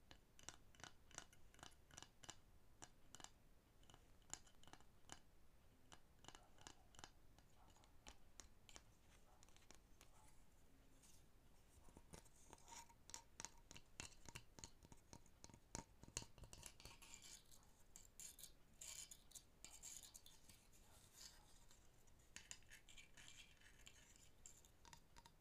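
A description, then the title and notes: Wooden objects are tapped and scratched in a busy, uneven stream of sharp clicks and knocks, often several per second, with denser clusters around 12 and 16 seconds. Softer scraping and rustling fill the gaps, and the level stays fairly steady throughout. I have a variety of wooden objects, all with their own original sound.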